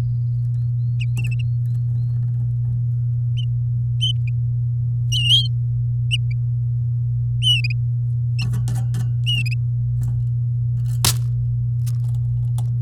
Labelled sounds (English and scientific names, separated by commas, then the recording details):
Domestic Canary (Serinus canaria) song
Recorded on 6 May 2018 at 08:30
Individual llb16